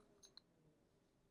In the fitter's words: So it's just designed to completely stack and lock into place.